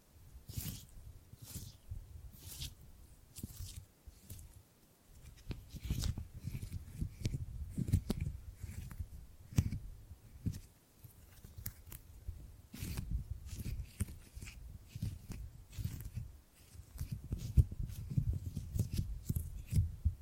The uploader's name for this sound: Tingly Gripping and Grabbing Sounds